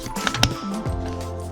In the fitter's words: that click it's all fine now put in the screws then we try to put the second one in